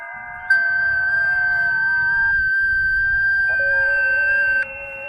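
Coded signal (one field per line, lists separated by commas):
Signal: FT8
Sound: several overlapping steady warbling tones at different pitches, starting and stopping together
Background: low rumble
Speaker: now what you could hear from that is that my audio started too early it was three seconds early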